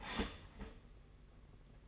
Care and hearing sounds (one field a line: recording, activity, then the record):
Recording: daily activity, microphone in the room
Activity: start toaster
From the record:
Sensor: 4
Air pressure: 992.4 hPa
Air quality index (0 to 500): 144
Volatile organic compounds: 82 ppm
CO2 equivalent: 3620 ppm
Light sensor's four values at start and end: 18/61/22/23 and 18/62/22/23